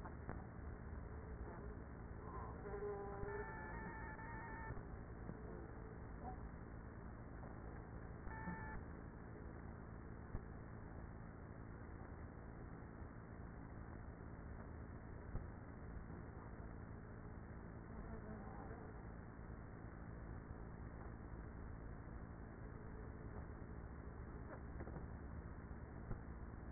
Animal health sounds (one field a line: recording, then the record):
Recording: honeybee colony, microphone inside the hive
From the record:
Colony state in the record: queenless with a low population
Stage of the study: after two queens were removed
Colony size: about 30,000 bees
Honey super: no